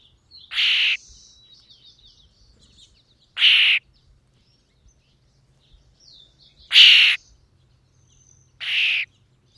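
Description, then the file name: European starling uttering four rasping, hissy screeches spaced a few seconds apart, interspersed with quiet clicks, chatter and thin whistles. "European Starling - Sturnus vulgaris"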